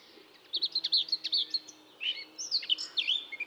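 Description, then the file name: Eurasian blackcap song: a fairly quiet, varied warble of quick high chirps and slurred notes over steady background hiss. "Sylvia atricapilla"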